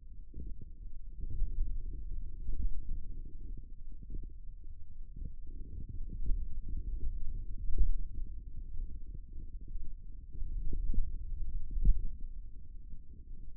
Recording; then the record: forearm muscle sounds (acoustic myography)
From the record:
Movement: pen grasping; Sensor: system 2, bracelet of six BSWA MPA416 microphones around the upper forearm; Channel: 3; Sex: male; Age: 22 years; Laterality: right